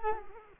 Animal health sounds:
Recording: mosquito wingbeat signal from an infrared sensor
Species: Culex quinquefasciatus

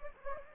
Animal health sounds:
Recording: mosquito wingbeat signal from an infrared sensor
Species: Anopheles gambiae

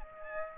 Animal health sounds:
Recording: mosquito wingbeat signal from an infrared sensor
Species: Aedes aegypti

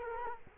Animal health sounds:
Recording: mosquito wingbeat signal from an infrared sensor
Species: Culex quinquefasciatus

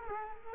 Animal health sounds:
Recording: mosquito wingbeat signal from an infrared sensor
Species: Culex quinquefasciatus

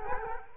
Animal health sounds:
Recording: mosquito wingbeat signal from an infrared sensor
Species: Culex quinquefasciatus

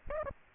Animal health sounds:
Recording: mosquito wingbeat signal from an infrared sensor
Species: Culex pipiens

